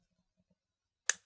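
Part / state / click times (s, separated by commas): folding knife blade into its detent at the stop pin / seated / 1.1 s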